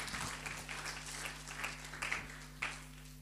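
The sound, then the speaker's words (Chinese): An audience at a Chinese-language sermon at Seremban Life Assembly applauds in honour of Jesus, a steady, dense wash of clapping at moderate volume, with a few sharper individual claps standing out and a low constant hum underneath. No one speaks. “谢谢谢谢，好，把掌声归给我们所爱的耶稣，好不好？”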